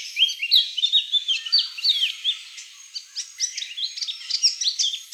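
Fairy gerygone giving a continuous high song of quick downslurred notes.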